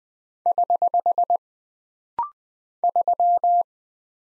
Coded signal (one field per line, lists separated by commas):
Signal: Morse code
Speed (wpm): 20 wpm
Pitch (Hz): 700 Hz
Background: none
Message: <HH> 3